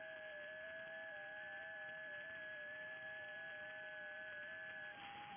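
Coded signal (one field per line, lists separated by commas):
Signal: FT8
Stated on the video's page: FT8 on 160 meters using a new, not-yet-tuned inverted L antenna with a ground rod; live stream.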